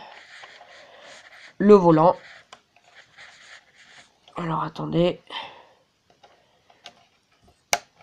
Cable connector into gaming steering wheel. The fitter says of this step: ça se clipse et